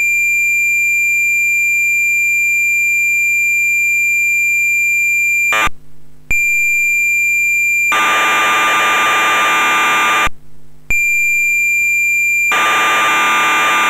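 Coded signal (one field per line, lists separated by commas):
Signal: computer data on cassette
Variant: MSX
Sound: steady high lead tone, short silences, then harsh buzzing data screech in two blocks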